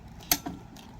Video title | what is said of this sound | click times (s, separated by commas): FASTEST Budget E-Scooter Under💲1000-43 MPH TEEWING GT4-UNBOXING Settings-Ride Review-Complete Setup | Awesome. Nice solid click. | 0.3 s